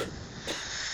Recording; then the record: coughing mixed with background sound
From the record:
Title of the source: 55 gaggy wet cough